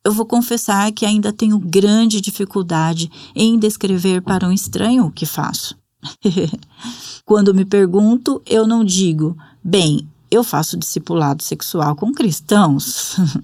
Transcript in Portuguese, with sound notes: Eu vou confessar que ainda tenho grande dificuldade em descrever para um estranho o que faço. (risos) Quando me perguntam, eu não digo: "Bem, eu faço discipulado sexual com cristãos."